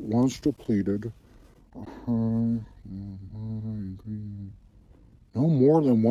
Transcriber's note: mumbling to self through instructions